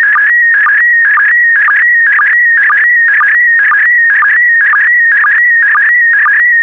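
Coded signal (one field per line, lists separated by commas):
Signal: SSTV (slow-scan television)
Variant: PD120 mode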